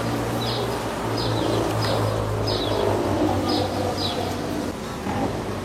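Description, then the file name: Fork-tailed palm swift giving a few short, high, downslurred chirps in a loose series over a steady low engine hum. "Canto do andorinhao do buriti"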